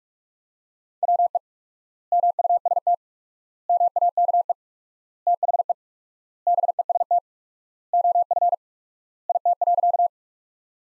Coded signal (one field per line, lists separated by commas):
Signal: Morse code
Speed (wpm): 46 wpm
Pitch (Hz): 700 Hz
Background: none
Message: WE MUST MAKE THE BEST OF IT.